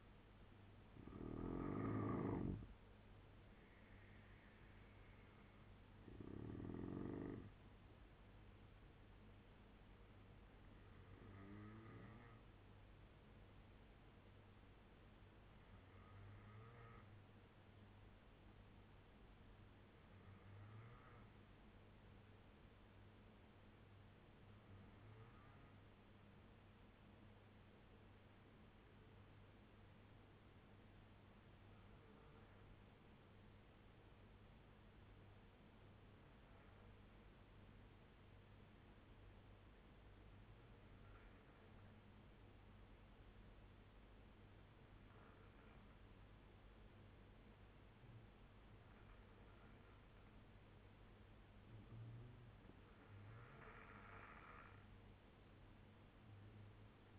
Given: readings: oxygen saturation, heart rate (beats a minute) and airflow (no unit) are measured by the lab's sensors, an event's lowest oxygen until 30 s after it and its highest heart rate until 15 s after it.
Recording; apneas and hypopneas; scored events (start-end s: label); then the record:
breathing in sleep by a voice recorder at the bedside; 1
18.00-48.00 s: new sleep stage, N3 (deep sleep)
22.00-48.50 s: obstructive apnea (N3, oxygen 96% highest, then 85% lowest, heart rate 74 at the start, 75 highest)
48.00-57.19 s: new sleep stage, N2 (light sleep)
From the record:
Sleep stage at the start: N2 (light sleep); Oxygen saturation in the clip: 81 to 96%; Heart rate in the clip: 69 to 76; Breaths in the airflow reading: 6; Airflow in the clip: -4.4 to 3.6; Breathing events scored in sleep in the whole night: 201 in 6.5 hours asleep